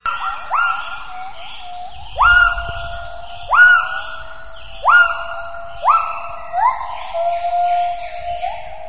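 Gibbon calls: loud rising whoops, each sweeping up sharply then holding a level tone, repeated several times, with fainter calls overlapping.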